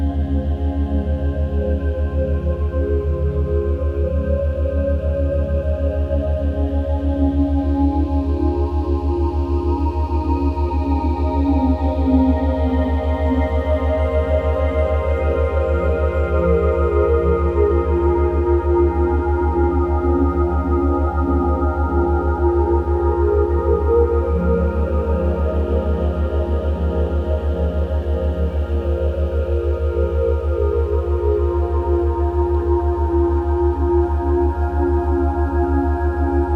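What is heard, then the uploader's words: Binaural beats form a steady, unbroken drone with a strong, constant low hum at the bottom. Above it, ringing bowl-like tones slowly swell and drift in pitch, rising and falling in long waves across the clip while the overall loudness stays level throughout. Binaural Beats- ASMR Sleep sound for Deep relaxation.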